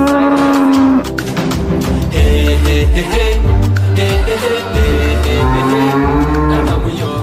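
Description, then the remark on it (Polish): Several cows in the Podlasie region of Poland moo in loud, overlapping calls, long low drawn-out bellows with rich harmonics that rise and fall, one after another with no pause between them. “To jest przeważnie tylko krowy.”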